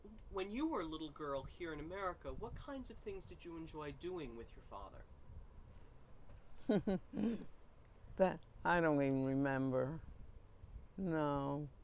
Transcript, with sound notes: When you were a little girl here in America, what kinds of things did you enjoy doing with your father?
(Laughs) That I don't re-- remember. No,